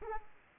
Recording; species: mosquito wingbeat signal from an infrared sensor; Aedes aegypti